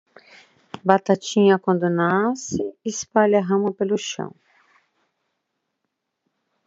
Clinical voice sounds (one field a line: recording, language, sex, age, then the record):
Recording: short text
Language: Brazilian Portuguese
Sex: female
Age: 60 to 69 years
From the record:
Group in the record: control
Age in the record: 62 years